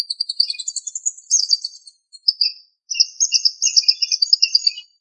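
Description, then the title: Bird singing a long run of fast, high chattering notes that break briefly, then resume as a steady twittering trill with faint lower chips. "LuckyPassaro Completos2Sama"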